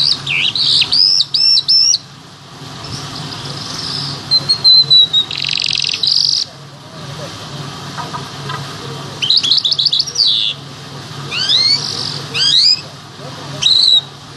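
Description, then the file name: Bimaculated lark song: varied high phrases of rising whistles, sharp upslurred notes and buzzy trills, broken by short pauses, with a steady low hum underneath. "sound black bimaculated lark"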